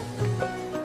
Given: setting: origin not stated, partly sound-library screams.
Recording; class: one-second piece from a danger detection set; normal situation